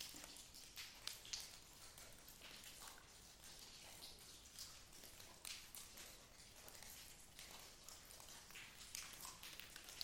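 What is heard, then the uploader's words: Inside a lava cave, a steady bright hiss full of soft crackles and scattered taps, with a couple of sharper clicks near the start. At 2.5 miles Ape Cave is the longest continuous lava tube in the contiguous United States, and the third longest in North America. From time to time I like to venture in and record all night (to avoid the disturbance of other hikers during the day). In November 2019 I returned for another night of hiking and recording.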